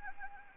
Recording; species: mosquito wingbeat signal from an infrared sensor; Anopheles gambiae